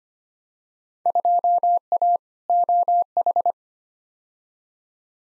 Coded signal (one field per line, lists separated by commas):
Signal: Morse code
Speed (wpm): 25 wpm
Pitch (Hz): 700 Hz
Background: none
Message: 2A OH